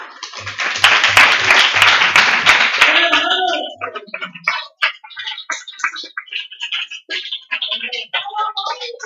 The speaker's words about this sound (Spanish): Chicos, muchísimas gracias por participar en este programa tan especial. Creo que os merecéis un grandísimo aplauso, pero antes os podéis despedir.